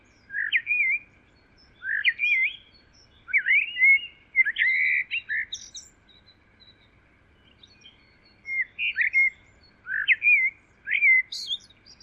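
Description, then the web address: Bird pours out whistled phrases with quick rising and falling slurs in two main runs, in a quiet setting. "Deverinetal. Bird Only"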